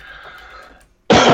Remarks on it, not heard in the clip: About a month ago, I popped out to the shop, and I came back, and I felt a little bit cold. And then it was a week later, and just some weird flu variant just took me out of the knees and basically knelt on my chest for a week. It's taken about 3 weeks to shake the vast majority of the after effects off. I've still got a cough, as you can hear.